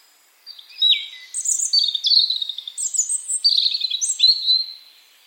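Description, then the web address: European robin delivering a rich, fluid phrase of high, liquid whistles and rapid twittering trills that rise and fall for about four seconds. "Deverinetal 2025 File origin Bird Only Er Ru"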